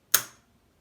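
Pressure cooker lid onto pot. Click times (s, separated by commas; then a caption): 0.1 s. A Fissler Vitavit Comfort pressure cooker lid is turned into its closed position on the pot. The lock engages with a single sharp click at 0.1 s that rings briefly and fades within about a quarter second. The lid is locked closed and the indicator turns green.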